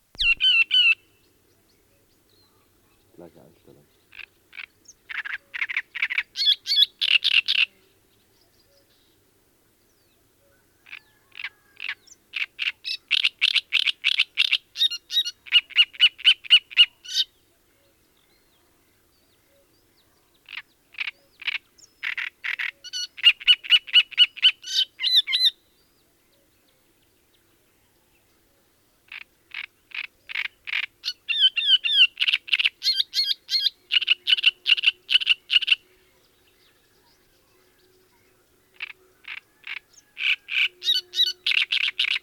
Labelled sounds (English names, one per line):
Great Reed Warbler song